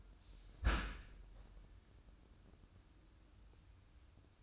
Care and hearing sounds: daily activity, microphone in the room; close dishwasher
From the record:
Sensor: 2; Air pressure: 994.3 hPa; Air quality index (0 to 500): 212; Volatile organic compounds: 1000 ppm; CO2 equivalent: 7024 ppm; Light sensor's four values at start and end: 126/302/127/131 and 124/297/125/129

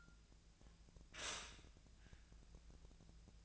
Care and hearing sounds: daily activity, microphone in the room; stop toaster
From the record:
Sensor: 2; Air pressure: 1000.1 hPa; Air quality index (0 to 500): 152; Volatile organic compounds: 2 ppm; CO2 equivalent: 1283 ppm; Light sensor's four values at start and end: 24/61/26/28 and 25/62/26/28

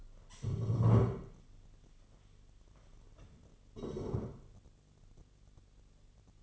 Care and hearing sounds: daily activity, microphone in the room; stand up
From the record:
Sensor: 4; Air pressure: 1016.1 hPa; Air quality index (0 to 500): 200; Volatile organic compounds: 11 ppm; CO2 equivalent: 2274 ppm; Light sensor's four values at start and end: 9/20/8/7 and 9/19/8/7

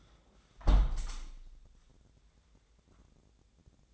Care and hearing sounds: daily activity, microphone in the room; close window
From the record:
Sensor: 3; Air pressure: 1012.3 hPa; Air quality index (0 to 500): 134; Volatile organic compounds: 2 ppm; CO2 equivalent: 1039 ppm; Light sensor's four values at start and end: 229/558/230/222 and 225/548/226/216

